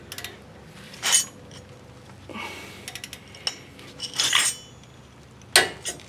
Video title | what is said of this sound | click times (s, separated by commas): Chevy truck brake repair. Replace pads and rotors. Step by step. #brakejob #howto #chevy #gmc | you heard it click 74 | 5.6 s